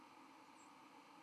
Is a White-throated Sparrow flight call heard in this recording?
yes